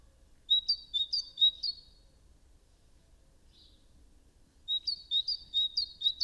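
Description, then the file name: Great tit singing high, ringing two-note phrases in a quick burst of four, then a few seconds' pause before another series of similar phrases begins. "Parus major"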